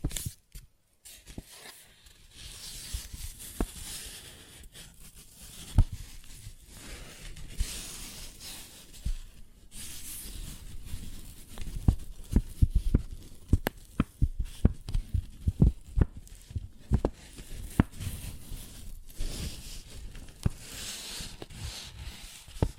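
Paper bag being tapped and scratched, with sharp dry taps scattered through the clip and growing denser after about ten seconds, where they come in quick irregular clusters. Softer rustling and scraping fills the gaps, with a brief silent pause near the start.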